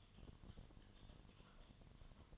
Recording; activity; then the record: daily activity, microphone in the room; typing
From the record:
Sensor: 4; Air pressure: 1010.3 hPa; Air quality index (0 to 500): 179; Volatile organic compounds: 5 ppm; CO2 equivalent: 1818 ppm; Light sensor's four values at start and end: 32/95/37/37 and 32/95/37/37